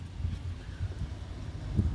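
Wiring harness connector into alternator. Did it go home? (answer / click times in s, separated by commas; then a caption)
no / none. An alternator wiring harness plug on a 2001 Dodge Dakota is pushed onto the alternator, but the locking tab on the harness is broken, so the plug does not click fully home. Only low rumbling, wind-like noise with a few soft thumps is heard, and nothing has seated or clicked yet.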